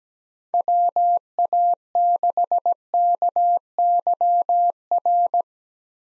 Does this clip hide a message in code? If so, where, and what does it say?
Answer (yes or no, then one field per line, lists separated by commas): yes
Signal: Morse code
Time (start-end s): 0.5-5.4 s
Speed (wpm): 17 wpm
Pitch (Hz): 700 Hz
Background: none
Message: WA6KYR